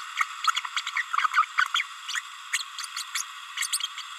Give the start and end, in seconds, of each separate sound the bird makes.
0.17-0.24, 0.55-0.60, 0.96-1.03, 1.32-1.45, 1.57-1.65, 1.74-1.83, 2.08-2.20, 2.52-2.59, 2.96-3.03, 3.14-3.23, 3.60-3.67, 3.72-3.79